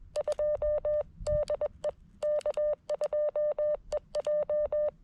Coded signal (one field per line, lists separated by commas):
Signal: Morse code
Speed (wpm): 20 wpm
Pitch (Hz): 600 Hz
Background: none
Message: 2 DE K2EJ